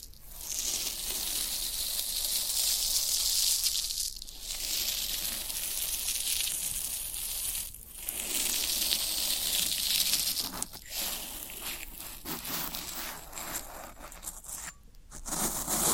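Floral foam is pressed and crumbled in a dense, crackling hiss that is bright and fizzy, with little low end. The crunching runs almost continuously, broken by short pauses near 4, 8, 11 and 15 seconds before each new squeeze.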